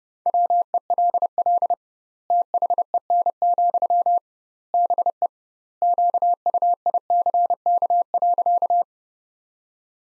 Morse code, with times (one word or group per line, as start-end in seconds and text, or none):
0.3-1.7 WELL
2.3-4.2 THEN,
4.7-5.3 BE
5.8-8.8 QUICK.